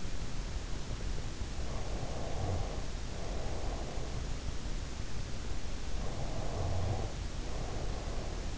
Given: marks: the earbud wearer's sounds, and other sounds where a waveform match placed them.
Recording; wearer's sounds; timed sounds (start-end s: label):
sounds in sleep by an in-ear microphone; breath
1.76-4.64 s: breath
5.87-8.58 s: breath